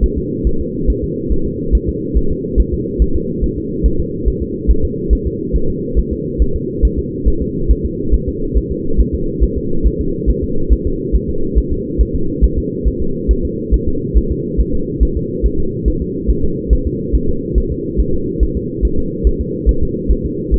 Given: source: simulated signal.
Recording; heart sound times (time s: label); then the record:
fetal heart sounds
0.04 s: S1
0.18 s: S2
0.47 s: S1
0.61 s: S2
0.90 s: S1
1.04 s: S2
1.32 s: S1
1.47 s: S2
1.75 s: S1
1.89 s: S2
2.17 s: S1
2.32 s: S2
2.60 s: S1
2.74 s: S2
3.02 s: S1
3.16 s: S2
3.44 s: S1
3.58 s: S2
3.86 s: S1
4.00 s: S2
4.28 s: S1
4.42 s: S2
4.71 s: S1
4.85 s: S2
5.13 s: S1
5.27 s: S2
5.56 s: S1
5.70 s: S2
5.99 s: S1
6.13 s: S2
6.42 s: S1
6.56 s: S2
6.85 s: S1
6.99 s: S2
7.28 s: S1
7.42 s: S2
7.71 s: S1
7.85 s: S2
8.14 s: S1
8.29 s: S2
8.57 s: S1
8.72 s: S2
9.00 s: S1
9.15 s: S2
9.44 s: S1
9.58 s: S2
9.87 s: S1
10.01 s: S2
10.30 s: S1
10.44 s: S2
10.73 s: S1
10.87 s: S2
11.16 s: S1
11.30 s: S2
11.58 s: S1
11.73 s: S2
12.01 s: S1
12.15 s: S2
12.44 s: S1
12.58 s: S2
12.88 s: S1
13.02 s: S2
13.31 s: S1
13.45 s: S2
13.74 s: S1
13.88 s: S2
14.17 s: S1
14.32 s: S2
14.60 s: S1
14.75 s: S2
15.03 s: S1
15.17 s: S2
15.46 s: S1
15.60 s: S2
15.88 s: S1
16.02 s: S2
16.30 s: S1
16.45 s: S2
16.73 s: S1
16.87 s: S2
17.15 s: S1
17.30 s: S2
17.58 s: S1
17.72 s: S2
18.00 s: S1
18.15 s: S2
18.43 s: S1
18.57 s: S2
18.85 s: S1
18.99 s: S2
19.27 s: S1
19.41 s: S2
19.69 s: S1
19.83 s: S2
20.11 s: S1
20.26 s: S2
20.54 s: S1
From the record:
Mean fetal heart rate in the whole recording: 140 bpm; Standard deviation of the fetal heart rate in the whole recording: 2 bpm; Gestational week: 34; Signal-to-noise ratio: -8.1 dB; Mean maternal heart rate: 72 bpm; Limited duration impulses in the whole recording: absent